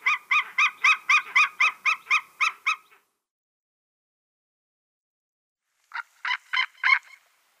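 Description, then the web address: White-tailed eagle calling in a fast, even series of sharp yelping notes, then a pause of about three seconds before a shorter burst of similar notes. "Schulze Peter White-tailed Eagle"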